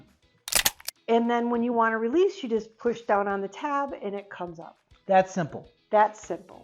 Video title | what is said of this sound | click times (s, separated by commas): Leki Trigger System - Overview Gloves and Poles | pink one right now so you hear the snap you can hear the click | 0.5 s